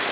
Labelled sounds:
Golden-winged Warbler flight call

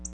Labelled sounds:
Black-throated Blue Warbler flight call

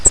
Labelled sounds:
Grace's Warbler flight call

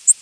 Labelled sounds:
Tennessee Warbler flight call

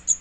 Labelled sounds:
Magnolia Warbler flight call

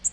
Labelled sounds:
Nashville Warbler flight call

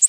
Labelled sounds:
Tennessee Warbler flight call

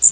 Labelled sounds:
Louisiana Waterthrush flight call

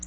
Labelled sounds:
Black-throated Blue Warbler flight call

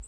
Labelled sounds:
Hermit Warbler flight call

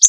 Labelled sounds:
Connecticut Warbler flight call

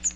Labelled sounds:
Magnolia Warbler flight call

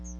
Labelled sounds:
Chestnut-sided Warbler flight call

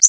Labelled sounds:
Connecticut Warbler flight call

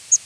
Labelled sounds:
Palm Warbler flight call

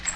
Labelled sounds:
Cape May Warbler flight call

